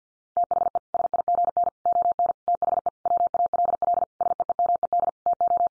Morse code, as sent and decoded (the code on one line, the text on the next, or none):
- .... . / ... .. --. -. / --- -. / - .... . / .-- .- .-.. .-.. / ... . . -- . -.. / - ---
THE SIGN ON THE WALL SEEMED TO